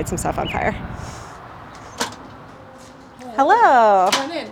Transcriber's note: door opening